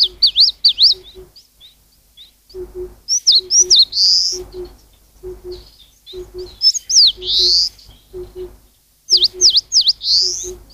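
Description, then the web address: Eastern crowned warbler: runs of high V-shaped notes, most closed by a grating buzz, sung repeatedly over low doubled hoots. "cats sikioto birds sendaimushikui"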